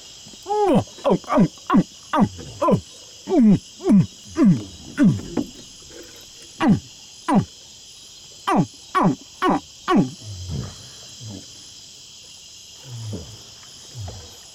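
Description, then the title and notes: Crocodile calls: a rapid series of short, falling, harmonic chirps, some deeper and grunting, fading after ten seconds, over a steady high insect drone. Night on a riverbank near Tauary, a village in the Amazon rainforest; people imitate crocodile calls and crocodiles answer, a baby crocodile first, then larger ones while moving along the river. "Nuit noire, sur la berge on imite le cri du crocodile en attendant sa réponse. Un bébé crocodile est le premier à répondre. En avançant sur le fleuve, c’est au tour des plus grands de faire écouter quelques vocalises en réponse aux appels."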